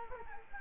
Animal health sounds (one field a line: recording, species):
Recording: mosquito wingbeat signal from an infrared sensor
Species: Culex quinquefasciatus